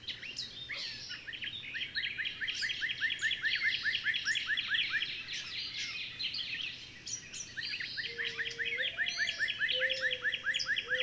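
Bird song: nearly unbroken streams of fast rising chirps, with a lower whistled note entering toward the end.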